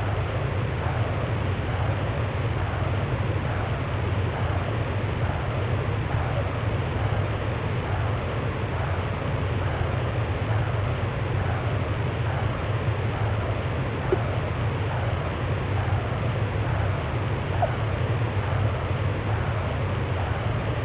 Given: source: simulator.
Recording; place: transcranial Doppler ultrasound of blood flow; posterior cerebral artery (PCA)